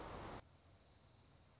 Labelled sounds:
Dark-eyed Junco
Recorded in Sonoma County, California

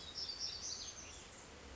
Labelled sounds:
Western Flycatcher
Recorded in Sonoma County, California

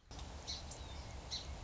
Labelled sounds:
Song Sparrow
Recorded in Sonoma County, California

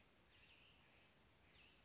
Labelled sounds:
Cassin's Vireo
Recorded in Sonoma County, California

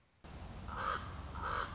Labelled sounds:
Common Raven
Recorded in Sonoma County, California

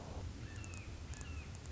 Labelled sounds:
Red-shouldered Hawk
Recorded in Sonoma County, California

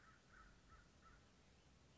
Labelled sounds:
American Crow
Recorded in Sonoma County, California

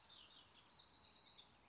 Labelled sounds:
House Wren
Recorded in Sonoma County, California

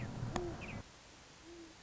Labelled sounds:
Great Horned Owl
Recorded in Sonoma County, California

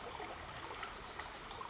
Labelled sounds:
Wilson's Warbler
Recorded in Sonoma County, California

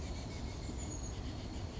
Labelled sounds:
Chestnut-backed Chickadee
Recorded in Sonoma County, California

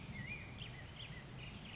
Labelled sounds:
Black-headed Grosbeak
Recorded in Sonoma County, California

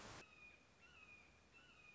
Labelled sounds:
Red-shouldered Hawk
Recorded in Sonoma County, California

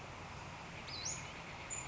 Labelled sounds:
Western Flycatcher
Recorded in Sonoma County, California

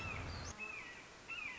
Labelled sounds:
Red-shouldered Hawk
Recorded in Sonoma County, California

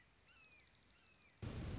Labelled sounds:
Red-shouldered Hawk
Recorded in Sonoma County, California

